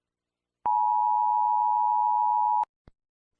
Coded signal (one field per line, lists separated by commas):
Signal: Emergency Alert System (SAME) tones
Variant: 853 and 960 Hz attention tone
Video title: EAS Scenario #10 The Invasion Of Ukraine (The Beginning Of The War)